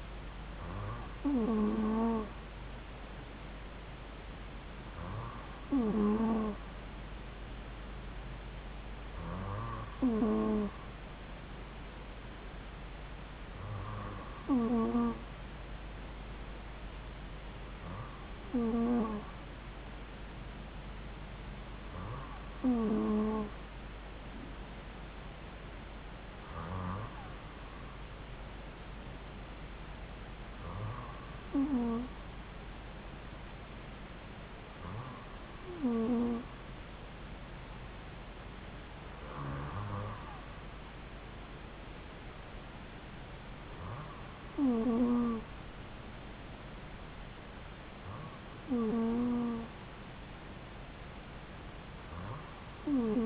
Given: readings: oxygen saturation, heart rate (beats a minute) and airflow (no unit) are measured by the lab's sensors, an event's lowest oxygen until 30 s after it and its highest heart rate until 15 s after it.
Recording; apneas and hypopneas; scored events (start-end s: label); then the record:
breathing in sleep by a voice recorder at the bedside; none
none scored
From the record:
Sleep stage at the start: N2 (light sleep); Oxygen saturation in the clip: 93 to 94%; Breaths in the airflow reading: 12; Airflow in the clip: -2.9 to 2.5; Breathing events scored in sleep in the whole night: 270 in 6.1 hours asleep